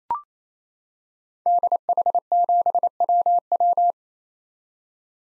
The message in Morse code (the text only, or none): DH7WW